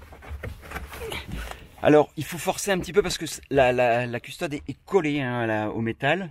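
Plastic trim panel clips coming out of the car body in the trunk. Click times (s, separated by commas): 0.4 s, 1.1 s, 1.5 s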